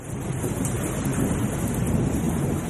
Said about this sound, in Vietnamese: Bên ngoài trời mưa to, nước mưa che khuất cả mặt kính xe.